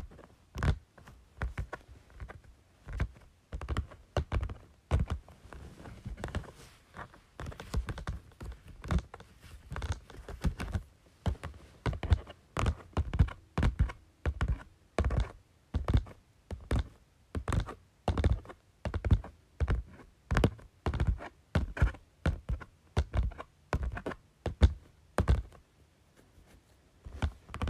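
Fingers tap on a folder in a quick, uneven rhythm that runs the whole time, several taps each second with brief gaps. Each tap is a short, dull knock with a papery click on top, some landing harder than others.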